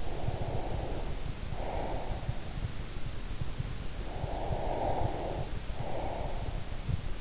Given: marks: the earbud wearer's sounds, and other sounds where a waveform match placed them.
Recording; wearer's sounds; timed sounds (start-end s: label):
sounds in sleep by an in-ear microphone; breath
0.00-2.50 s: breath
3.95-6.64 s: breath